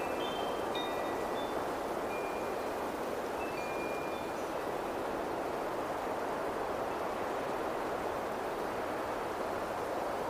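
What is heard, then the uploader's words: Wind chimes ring out a few clear, bright notes in the first four seconds, then fade as the wind takes over. A steady, dense rush of wind fills the whole clip at an even level, strongest in the middle and lower range. Wind Chimes + Windy Sounds.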